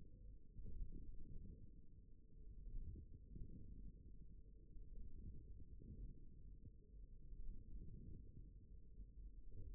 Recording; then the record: forearm muscle sounds (acoustic myography)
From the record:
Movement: wrist flexion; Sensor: system 1, eight BSWA MPA416 microphones around the upper forearm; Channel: 1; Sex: male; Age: 54 years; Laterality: right